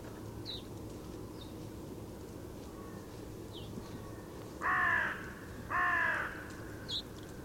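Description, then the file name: Carrion crow giving two loud, harsh caws about a second apart, with faint high chirps from small birds and a steady low background rumble. "Corvus corone"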